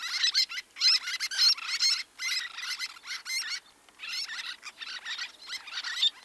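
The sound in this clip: Bird song in clustered bursts of fast chattering chirps, broken by brief gaps.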